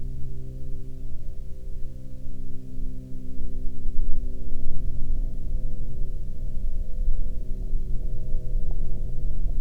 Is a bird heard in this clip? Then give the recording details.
no. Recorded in the Prudhoe Bay oil fields, Alaska, on 12 May 2019 at 13:12. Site 16